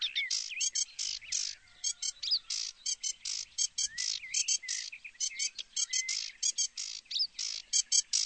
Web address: chants Phragmite des joncs